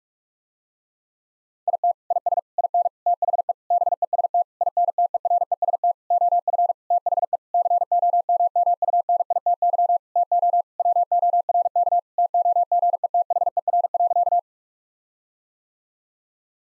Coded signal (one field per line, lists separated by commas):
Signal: Morse code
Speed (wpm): 46 wpm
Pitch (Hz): 700 Hz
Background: none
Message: IT IS IN THE BEST INTEREST OF THE COMMUNITY TO WORK TOGETHER.